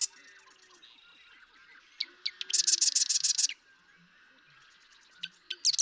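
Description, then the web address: Marsh Wren song with soft introductory notes, then a fast, dry, mechanical rattle lasting about a second, and a new phrase starting at the end. "birdsongforthecurious Marsh Wren"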